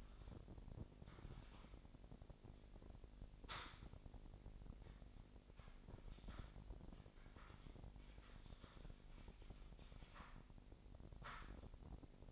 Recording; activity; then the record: daily activity, microphone in the room; typing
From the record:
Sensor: 5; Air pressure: 1007.7 hPa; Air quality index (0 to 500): 95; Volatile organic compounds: 1 ppm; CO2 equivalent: 748 ppm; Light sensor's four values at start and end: 41/97/40/42 and 41/96/40/41